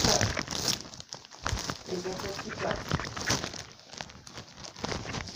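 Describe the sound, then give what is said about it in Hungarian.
Plastic wrapping on a pack of toilet paper crinkles and crackles in irregular bursts as it is handled, with brief sharper crunches and some faint voices underneath. “Vettem vécé papírt. Kell neked?”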